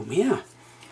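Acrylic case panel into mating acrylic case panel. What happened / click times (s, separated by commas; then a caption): Panels handled but not yet seated; no snap is heard / none. Interlocking acrylic panels of a small single-board-computer case are fitted together by hand, acrylic case panel into mating acrylic case panel, to snap together without nuts or bolts. Someone talks briefly over faint handling sounds, and the audio then drops to quiet. Nothing has seated or clicked yet; the panels are still being handled.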